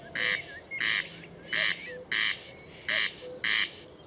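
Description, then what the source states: Corn crake giving six grating rasps in pairs, with soft low piping notes and faint whistles between them. Recorded at Murnauer Moos, Germany, on 29 May 2014.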